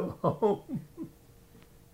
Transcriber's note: laughs